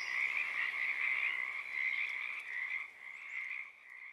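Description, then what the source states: Pacific tree frog chorus of rapid raspy croaks that thins and quiets toward the end. Chorus starting and stopping at Oaks Bottom Wildlife Refuge, Portland, Oregon, USA, on the morning of Friday April 7, 2023; uncommon at that time of day.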